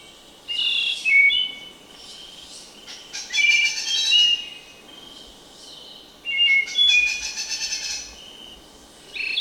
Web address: S America Birds of Ecuador Spotted Nightingale-Thrush